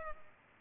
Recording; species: mosquito wingbeat signal from an infrared sensor; Culex pipiens